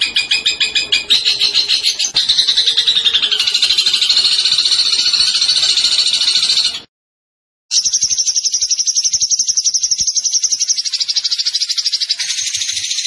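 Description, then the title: Zebra finch song: continuous, fast, buzzy rattling trill, high-pitched and steady, broken by one brief silence midway. Tembakan bird singing vigorously (gacor); master recording used for training cage birds. "Masteran Burung Tembakan Gacor"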